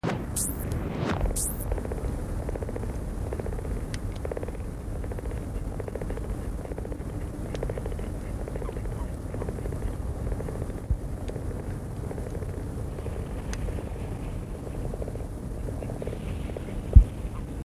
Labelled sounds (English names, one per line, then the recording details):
Common Frog call
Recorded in the wild
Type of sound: mating call
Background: Bufo Bufo
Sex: male
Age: adult
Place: Malchower Aue, Berlin, DE
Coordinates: 52.5808, 13.4886
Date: 1990-04-02 20:44
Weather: Wassertemperatur: 12,5°C
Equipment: Riporter 6 RG-K, Halbspur, Sennheiser MKH 416 T
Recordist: Frommolt, Karl-Heinz
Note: Balzrufe